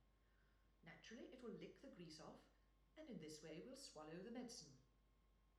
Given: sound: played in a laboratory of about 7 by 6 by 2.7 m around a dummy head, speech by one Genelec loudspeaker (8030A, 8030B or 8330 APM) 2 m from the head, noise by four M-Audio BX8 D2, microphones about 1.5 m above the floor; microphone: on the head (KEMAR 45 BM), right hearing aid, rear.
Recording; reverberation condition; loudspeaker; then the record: female speech in English; medium; 90 degrees to the right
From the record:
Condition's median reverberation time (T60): about 510 ms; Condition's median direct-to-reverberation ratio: about -0.5 dB